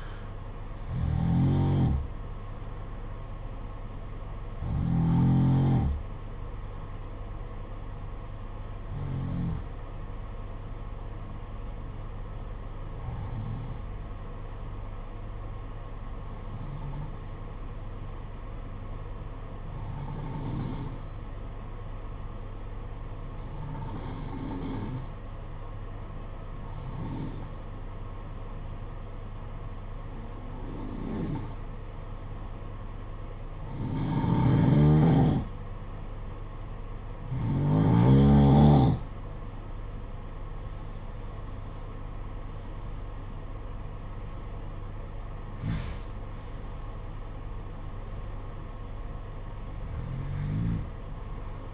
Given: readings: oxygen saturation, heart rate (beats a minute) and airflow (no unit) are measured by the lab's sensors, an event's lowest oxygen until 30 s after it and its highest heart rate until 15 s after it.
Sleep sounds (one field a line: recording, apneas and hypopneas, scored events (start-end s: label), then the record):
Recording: breathing in sleep by a smartphone at the bedside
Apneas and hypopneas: 1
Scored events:
9.00-39.00 s: new sleep stage, N1 (lightest sleep)
9.00-40.80 s: hypopnea (N2, oxygen 94% highest, then 88% lowest, heart rate 54 at the start, 64 highest)
39.00-51.74 s: new sleep stage, N2 (light sleep)
From the record:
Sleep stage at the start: N2 (light sleep)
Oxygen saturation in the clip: 88 to 94%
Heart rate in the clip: 52 to 64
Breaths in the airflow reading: 14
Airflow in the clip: -11.3 to 15.8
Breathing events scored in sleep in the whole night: 476 in 9.7 hours asleep